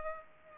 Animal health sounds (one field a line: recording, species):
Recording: mosquito wingbeat signal from an infrared sensor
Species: Culex pipiens